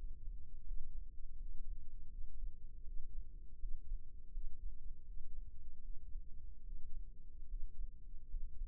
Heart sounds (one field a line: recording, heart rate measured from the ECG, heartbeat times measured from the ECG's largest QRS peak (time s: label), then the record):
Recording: heart sounds by microphone in the left ear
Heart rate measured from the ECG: 79 bpm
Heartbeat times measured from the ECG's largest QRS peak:
0.67 s: heartbeat
1.38 s: heartbeat
2.11 s: heartbeat
2.87 s: heartbeat
3.61 s: heartbeat
4.33 s: heartbeat
5.07 s: heartbeat
5.84 s: heartbeat
6.65 s: heartbeat
7.50 s: heartbeat
8.30 s: heartbeat
From the record:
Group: healthy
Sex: male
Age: 22 years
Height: 181 cm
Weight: 79 kg